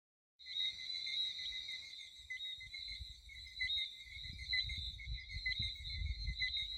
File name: Chant de grenouilles - Sound of frog